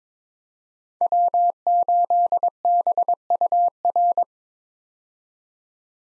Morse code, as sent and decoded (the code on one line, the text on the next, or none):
.-- ---.. -... ..- .-.
W8BUR